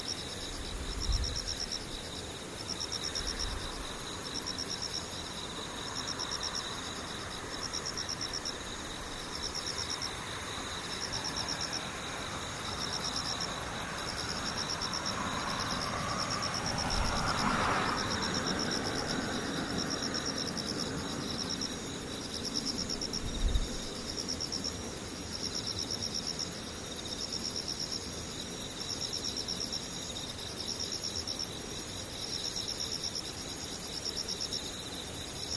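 Insects chirp in a steady, high, pulsing trill that repeats in rapid regular beats throughout, with a second thin high tone running alongside. Low rumbles and soft thumps surface now and then, most noticeably around 1, 17 and 23 seconds.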